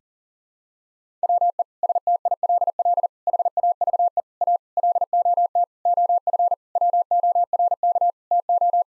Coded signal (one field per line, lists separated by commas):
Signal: Morse code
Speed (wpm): 40 wpm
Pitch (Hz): 700 Hz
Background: none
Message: WE STILL HAVE A LOT OF WORK TO